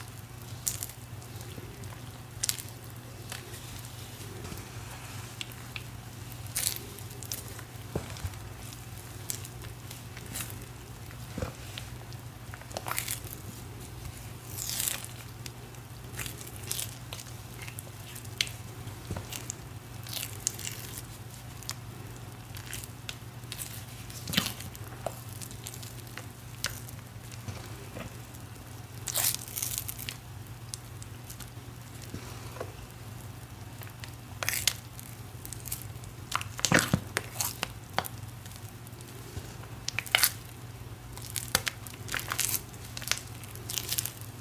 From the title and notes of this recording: Reforming my crispy green cornstarch crunchies. Cornstarch crunchies powder ASMR, including Rolling pin crushes, pebble crushes, sifting, and so much more.